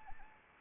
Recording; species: mosquito wingbeat signal from an infrared sensor; Anopheles arabiensis